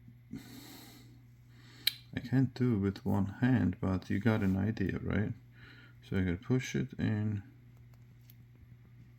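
A metal crimp pin on the front-panel power-switch wire of a Corsair chassis is handled and pushed toward its plastic motherboard power-plug connector housing while someone talks, with a brief sharp tick near 1.9 s and faint handling noise. Nothing has seated or clicked into place yet.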